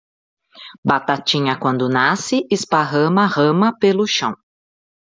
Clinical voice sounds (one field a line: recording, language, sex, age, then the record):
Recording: short text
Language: Brazilian Portuguese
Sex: female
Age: 50 to 59 years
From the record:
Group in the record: control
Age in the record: 52 years